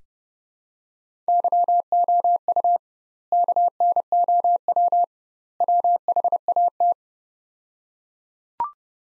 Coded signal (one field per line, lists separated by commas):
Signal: Morse code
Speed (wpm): 30 wpm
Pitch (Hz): 700 Hz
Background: none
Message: YOU KNOW WHAT